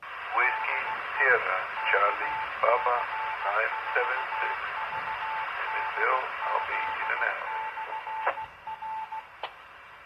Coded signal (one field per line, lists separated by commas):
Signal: Morse code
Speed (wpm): 16 wpm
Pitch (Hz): 880 Hz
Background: speech, radio noise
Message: DE KC4VDZ/R